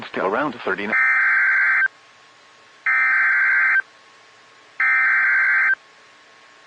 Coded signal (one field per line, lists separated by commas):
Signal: Emergency Alert System (SAME) tones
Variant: header bursts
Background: speech